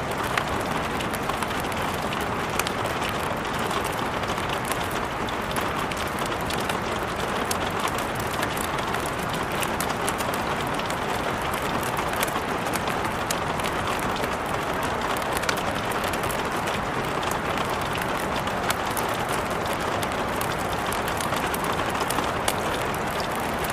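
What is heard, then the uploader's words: A rainstorm pours in a steady, dense wash that holds the same level for the whole stretch. Countless tiny clicks and ticks patter on top, fast and irregular, like drops striking a surface or a crackling fire, with a low rumbling bed underneath. Relaxing Rainstorm for Sleeping or Studying feat. Crackling Fireplace.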